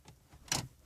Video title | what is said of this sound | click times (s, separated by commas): Jak zainstalować radio KENWOOD KDC 130Y Oplu Astrze G Subskrybuj Kanał | wsuwamy ją po prostu do końca aż usłyszymy klik charakterystyczne O | 0.5 s